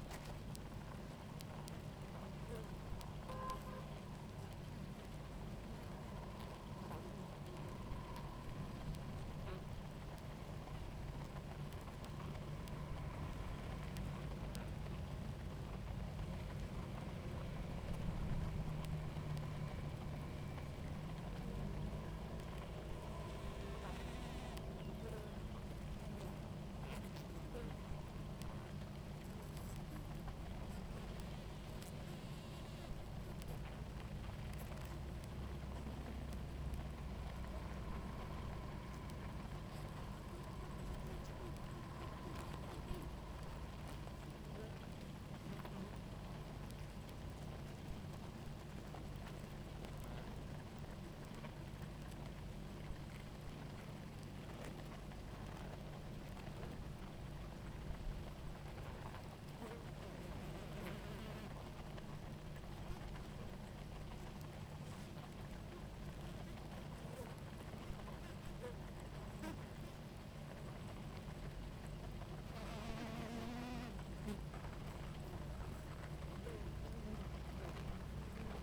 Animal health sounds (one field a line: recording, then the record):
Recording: honeybee colony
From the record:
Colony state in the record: active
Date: 28 July 2017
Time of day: 17:48